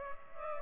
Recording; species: mosquito wingbeat signal from an infrared sensor; Culex pipiens